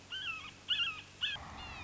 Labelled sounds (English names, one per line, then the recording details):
Red-shouldered Hawk
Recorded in Sonoma County, California